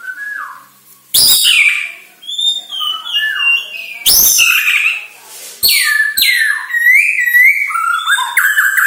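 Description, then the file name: White-rumped shama song: sweet falling whistles interrupted by several sharp loud clicks, followed by rapid ringing, warbled phrases. Lure recording from Borneo, used to make birds sing. "Murai Batu Borneo"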